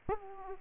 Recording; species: mosquito wingbeat signal from an infrared sensor; Aedes aegypti